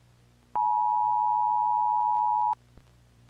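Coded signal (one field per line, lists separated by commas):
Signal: Emergency Alert System (SAME) tones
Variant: 853 and 960 Hz attention tone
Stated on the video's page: Simulated, fictional EAS scenario alert.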